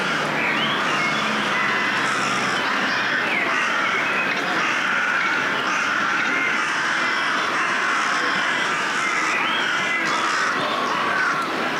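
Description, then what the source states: Crows cawing in a continuous massed chorus, harsh overlapping calls. A chorus of crows calling together.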